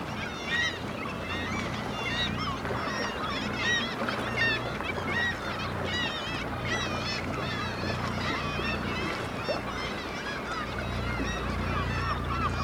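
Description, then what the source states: Black-legged kittiwakes in a noisy colony, many nasal, wavering calls overlapping continuously with a low rumbling background underneath. Recorded at Dunbar.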